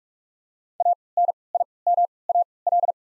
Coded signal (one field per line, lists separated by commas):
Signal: Morse code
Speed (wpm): 46 wpm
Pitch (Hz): 700 Hz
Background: none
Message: ANIMAL